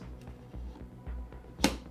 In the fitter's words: a little bit of resistance apply a little bit of pressure and the finder will lock into place yeah